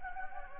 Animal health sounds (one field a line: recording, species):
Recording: mosquito wingbeat signal from an infrared sensor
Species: Anopheles gambiae